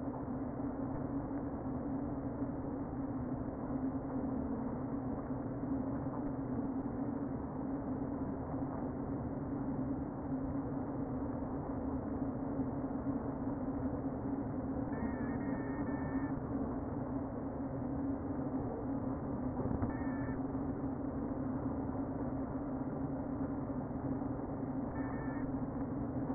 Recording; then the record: honeybee colony, microphone inside the hive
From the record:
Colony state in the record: queen present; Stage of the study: before two queens were removed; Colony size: about 60,000 bees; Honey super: yes